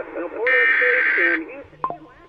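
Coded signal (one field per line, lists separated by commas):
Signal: Emergency Alert System (SAME) tones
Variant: header bursts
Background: speech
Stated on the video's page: Alerts relayed by digital TV stations, including unexpected relays of watches.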